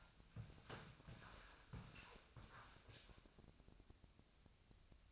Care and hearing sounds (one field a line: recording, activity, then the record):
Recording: daily activity, microphone in the room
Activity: walk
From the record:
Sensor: 2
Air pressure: 1000.4 hPa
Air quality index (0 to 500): 162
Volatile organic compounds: 3 ppm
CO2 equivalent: 1360 ppm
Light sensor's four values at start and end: 14/38/15/17 and 14/38/15/17